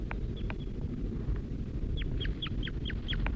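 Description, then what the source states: Crossbill calls, a series of short sharp downslurred notes repeated quickly near the end, with a few scattered notes earlier over a low steady background rumble. Male that had been feeding the young at the nest, being joined by the female, who had flown off the nest.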